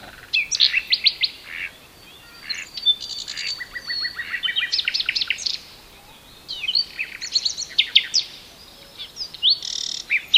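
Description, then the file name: Common nightingale singing rich, varied phrases: rapid repeated clicks, whistles and buzzy trills in three bursts separated by short pauses. "Luscinia megarhynchos"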